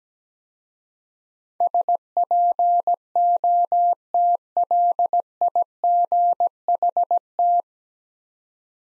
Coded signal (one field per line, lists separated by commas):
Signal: Morse code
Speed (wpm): 17 wpm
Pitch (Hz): 700 Hz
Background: none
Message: SPOTLIGHT